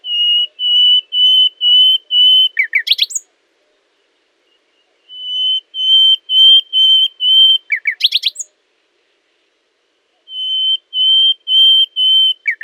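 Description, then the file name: Common nightingale song: three phrases, each a series of steady whistles at about two per second, the first two ending in a quick sharp flourish, separated by silent pauses. "Luscinia megarhynchos"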